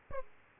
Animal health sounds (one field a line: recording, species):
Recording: mosquito wingbeat signal from an infrared sensor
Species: Aedes aegypti